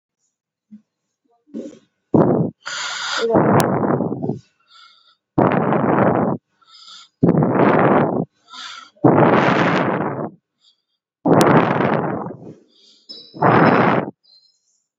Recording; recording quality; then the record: shallow breathing; excellent, no background noise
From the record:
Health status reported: COVID-19 positive, mild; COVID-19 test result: positive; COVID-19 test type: RT-PCR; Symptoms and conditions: cold, fatigue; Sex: female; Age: 27 years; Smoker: no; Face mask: not worn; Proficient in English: yes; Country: India